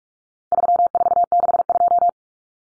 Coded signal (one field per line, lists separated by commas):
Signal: Morse code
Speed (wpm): 44 wpm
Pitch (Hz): 700 Hz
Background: none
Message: 3462